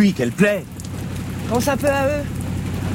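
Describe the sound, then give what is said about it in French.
Steady rain falls in a continuous soft hiss, with people speaking over it in short bursts throughout. “Regarde, toutes ces femmes, ces enfants qui travaillent comme des bêtes sous la pluie.”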